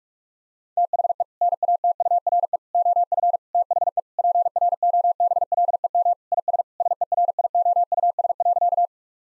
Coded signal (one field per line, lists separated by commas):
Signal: Morse code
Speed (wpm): 45 wpm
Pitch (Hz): 700 Hz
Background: none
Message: THE NATURE OF THE PROBLEM IS SERIOUS.